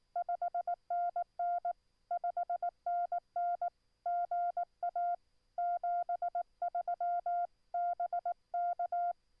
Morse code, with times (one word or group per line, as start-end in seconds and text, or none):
0.2-1.7 5NN
2.1-3.7 5NN
4.1-5.2 GA
5.6-7.5 73
7.7-9.1 BK